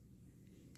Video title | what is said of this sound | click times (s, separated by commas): Toy Talk and Stuff 230:Shadow High dolls Zooey,Dia and Monique. Amazingly unique,detailed & striking | And I think what's neat about this is really just the way it folds and it kind of snaps shut. You hear that? | 0.8 s